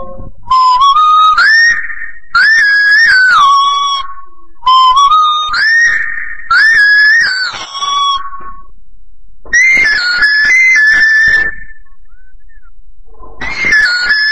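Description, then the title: Common hill myna giving loud whistled calls, rising and warbling phrases of one to two seconds repeated with short pauses, rich in harmonics; no other clear sounds. "burung beo"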